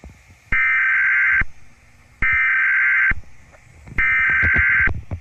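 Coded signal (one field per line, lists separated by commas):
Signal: Emergency Alert System (SAME) tones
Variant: header bursts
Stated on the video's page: Fictional EAS alert about a virus outbreak, simulated.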